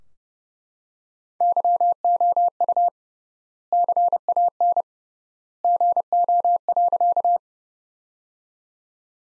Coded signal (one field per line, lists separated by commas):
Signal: Morse code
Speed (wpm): 32 wpm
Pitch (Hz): 700 Hz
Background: none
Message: YOU CAN GO.